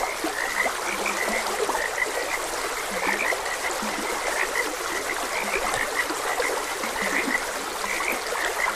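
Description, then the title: Frog croaks repeat densely across the whole stretch, some lower notes mixed in, over constant trickling water. Frogs croaking beside a gentle stream. "Gentle Stream and Frogs Croaking"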